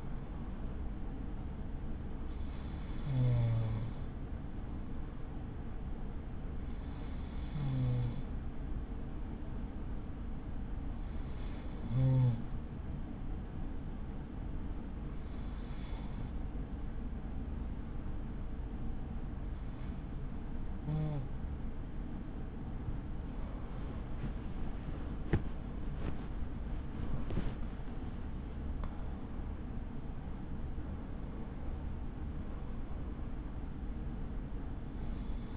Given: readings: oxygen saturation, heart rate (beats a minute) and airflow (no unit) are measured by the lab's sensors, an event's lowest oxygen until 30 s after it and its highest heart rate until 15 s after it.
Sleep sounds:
breathing in sleep by a smartphone at the bedside; 1
5.00-30.00 s: hypopnea (N2, oxygen 96% highest, then 95% lowest, heart rate 49 at the start, 71 highest)
From the record:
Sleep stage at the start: N2 (light sleep); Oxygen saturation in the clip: 94 to 96%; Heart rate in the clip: 41 to 71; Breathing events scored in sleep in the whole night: 83 in 6.1 hours asleep

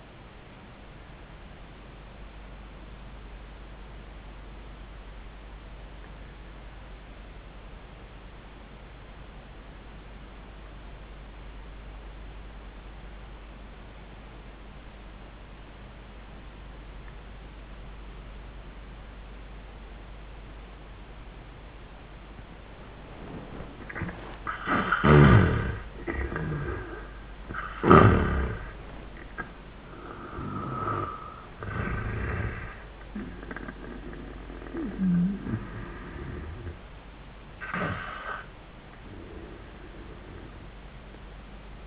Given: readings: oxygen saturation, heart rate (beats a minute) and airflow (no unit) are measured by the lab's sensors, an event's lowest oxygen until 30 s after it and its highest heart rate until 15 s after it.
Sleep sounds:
breathing in sleep by a voice recorder at the bedside; 1
3.00-26.40 s: obstructive apnea (N1, oxygen 97% highest, then 80% lowest, heart rate 91 at the start, 100 highest)
3.00-33.00 s: new sleep stage, N2 (light sleep)
33.00-41.87 s: new sleep stage, N1 (lightest sleep)
From the record:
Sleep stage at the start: N1 (lightest sleep); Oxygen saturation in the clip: 77 to 97%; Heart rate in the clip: 85 to 100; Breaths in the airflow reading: 4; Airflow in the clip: -15.0 to 9.5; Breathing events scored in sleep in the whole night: 400 in 8.7 hours asleep

